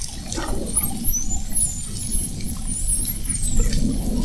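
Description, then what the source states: Spinner dolphin whistles: several high, thin sweeps rising and falling and overlapping one another, over a steady low underwater rumble and hiss. Whistles of spinner dolphins recorded at Fernando de Noronha.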